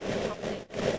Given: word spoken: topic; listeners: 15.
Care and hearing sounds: one English word in noise, from a listening test; noise modulated by three-talker babble; -7.8 dB; 5 of 15; 6 of 15; 0.59 s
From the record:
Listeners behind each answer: 6, 5, 1, 1, 1, 1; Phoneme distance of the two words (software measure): 35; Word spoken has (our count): 2 syllables, 5 phonemes, stress on syllable 1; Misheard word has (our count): 2 syllables, 6 phonemes, stress on syllable 1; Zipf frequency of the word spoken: 3.83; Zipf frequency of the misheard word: 5.44

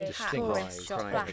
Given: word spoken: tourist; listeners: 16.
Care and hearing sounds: one English word in noise, from a listening test; four-talker babble; -2.7 dB; 2 of 16; 6 of 16; 0.93 s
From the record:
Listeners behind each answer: 6, 4, 4, 2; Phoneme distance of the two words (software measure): 41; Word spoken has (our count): 2 syllables, 6 phonemes, stress on syllable 1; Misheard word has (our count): 1 syllable, 3 phonemes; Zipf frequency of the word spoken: 4.16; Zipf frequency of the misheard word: 4.76

